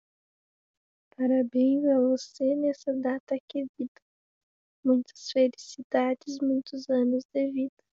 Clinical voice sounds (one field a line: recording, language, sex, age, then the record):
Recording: short text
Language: Brazilian Portuguese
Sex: female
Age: 18 to 19 years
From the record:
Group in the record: control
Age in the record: 18 years